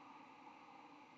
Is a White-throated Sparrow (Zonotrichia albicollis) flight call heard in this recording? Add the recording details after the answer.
no. Another species' flight call is heard. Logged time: 02:47 on 22 November 2014